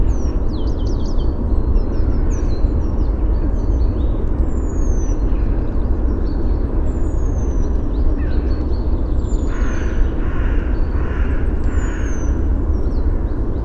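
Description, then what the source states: Bird song and calls: high whistled slurs and chirps, with raspier calls late, all against a heavy low rumble. Helsinki, 29 April 2013; song and calls.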